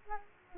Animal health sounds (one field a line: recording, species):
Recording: mosquito wingbeat signal from an infrared sensor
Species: Aedes aegypti